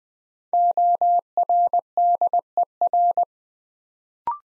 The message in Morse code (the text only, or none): ORDER